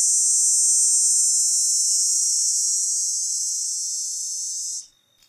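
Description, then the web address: Dog-day cicada sounding a high, intense, unbroken buzz that slowly fades a little before stopping suddenly near the end. North America. "Songs of Insects. Dog-day Cicada"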